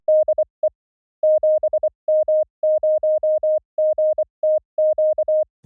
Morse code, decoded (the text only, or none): DE 7M0GTQ